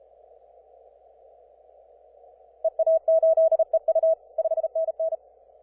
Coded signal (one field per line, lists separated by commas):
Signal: Morse code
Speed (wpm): 36 wpm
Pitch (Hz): 650 Hz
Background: none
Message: EA8EU 5NN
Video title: 20m QRP CW working Iceland